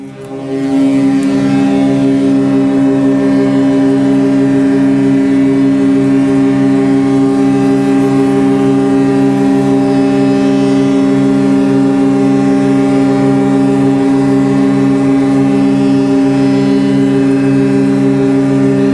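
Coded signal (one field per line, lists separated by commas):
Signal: ship horn signal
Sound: one continuous deep ship horn blast lasting the whole clip, unbroken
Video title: Sygnał mgłowy – sygnał dźwiękowy emitowany przez statek/ Fog signal SOUND EFFECTS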